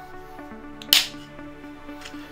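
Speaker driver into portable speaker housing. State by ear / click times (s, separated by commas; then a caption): seated / 0.9 s. A replacement speaker driver is pressed in the correct orientation into the plastic speaker housing of a Beats Pill 2.0 portable speaker, before it is screwed in. Over steady background music, a single sharp, loud snap is heard at 0.9 s, with fainter ticks around it. The driver is seated in the housing.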